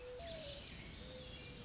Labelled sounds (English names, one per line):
Mourning Dove